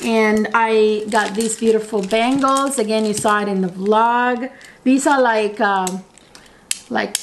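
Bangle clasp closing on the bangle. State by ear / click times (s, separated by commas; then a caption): seated / 6.7 s. Someone talks while showing bangles bought in Hawaii, then closes a bangle's clasp, which gives a sharp, short snap at 6.7 s. The clasp snaps shut and seats in place on the bangle.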